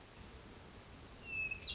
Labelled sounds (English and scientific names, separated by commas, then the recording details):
Hermit Thrush (Catharus guttatus)
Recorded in Sonoma County, California